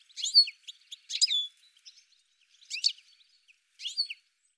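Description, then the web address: Bird calls, bursts of sharp high chirps, four bursts in under five seconds with pauses between them; nothing else heard. "cianscape birddata"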